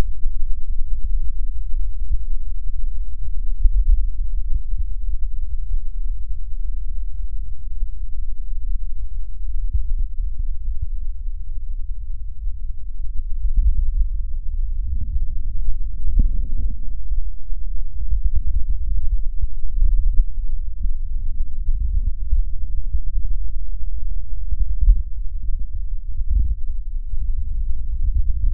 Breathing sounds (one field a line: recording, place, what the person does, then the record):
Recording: lung sounds by stethoscope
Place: left posterior apical chest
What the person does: quiet breathing, then deep breathing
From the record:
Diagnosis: none (healthy)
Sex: male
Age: 35 years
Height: 186 cm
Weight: 108 kg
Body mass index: 31.2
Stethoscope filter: bell mode